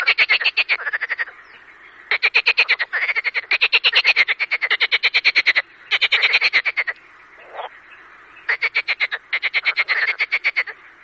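Marsh frogs giving bursts of fast, evenly pulsed rattling croaks, about a second each, separated by short pauses, with a faint chorus underneath.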